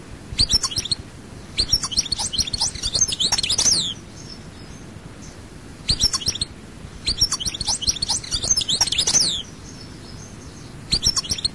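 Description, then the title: European goldfinch singing in several tinkling phrases of quick, liquid twittering notes, separated by pauses. "Chant Chardonneret"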